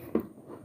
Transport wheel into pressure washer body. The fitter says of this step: കേറ്റിയിട്ട് നല്ല ഒന്ന് പ്രസ്സ് ചെയ്തു കൊടുക്കുക ഇങ്ങനെ ഒരു സൗണ്ട് കേൾക്കും കറക്റ്റ് ആയിട്ട്